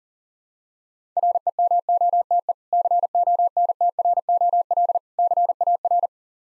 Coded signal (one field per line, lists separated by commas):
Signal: Morse code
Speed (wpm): 40 wpm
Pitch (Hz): 700 Hz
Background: none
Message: REMOTE CONTROL CAR